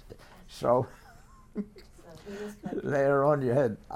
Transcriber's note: chuckles